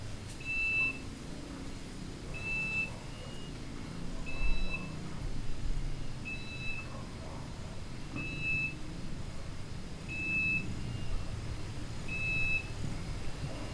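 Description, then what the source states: Bird call: a steady series of brief, level, beep-like whistles, one roughly every two seconds, over a low rumbling background. Recorded in Indonesia; described as beeping birds.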